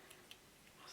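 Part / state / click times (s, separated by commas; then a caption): figure head onto body neck peg / seated / 0.3 s. The plastic head of a small Playmobil Series 7 5535 toy figure is pushed onto the neck peg of its assembled body. A faint tick comes at 0.1 s, then a sharp click at 0.3 s as the head pops onto the neck. The head is confirmed seated.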